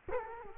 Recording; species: mosquito wingbeat signal from an infrared sensor; Culex quinquefasciatus